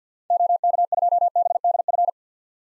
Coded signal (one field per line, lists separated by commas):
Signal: Morse code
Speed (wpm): 50 wpm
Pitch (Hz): 700 Hz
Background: none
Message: OK2BDF